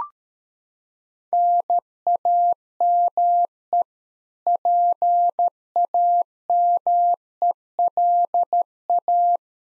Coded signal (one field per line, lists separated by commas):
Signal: Morse code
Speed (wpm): 13 wpm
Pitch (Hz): 700 Hz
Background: none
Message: NAME PAMELA